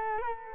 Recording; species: mosquito wingbeat signal from an infrared sensor; Culex quinquefasciatus